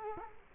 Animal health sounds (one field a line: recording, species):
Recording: mosquito wingbeat signal from an infrared sensor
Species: Culex quinquefasciatus